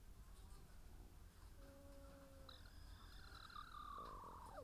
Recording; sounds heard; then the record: poultry house recording; sick chickens (respiratory disease)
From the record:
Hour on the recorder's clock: 14